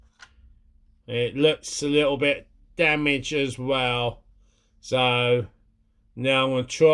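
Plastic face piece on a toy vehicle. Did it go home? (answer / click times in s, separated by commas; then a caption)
no / none. Someone talks while trying to fit the loose plastic face piece back onto a M.A.S.K. Switchblade toy vehicle; the piece looks damaged. A faint short tick at 0.2 s is not a proper click, and the face piece has not clicked into place yet.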